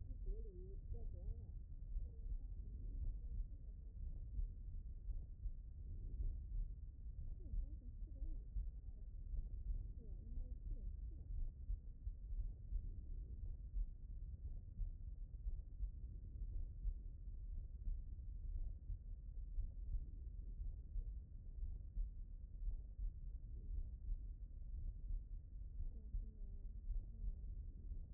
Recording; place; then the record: heart sounds by stethoscope; pulmonary valve (PV)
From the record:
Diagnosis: non-HFrEF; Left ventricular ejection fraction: 65%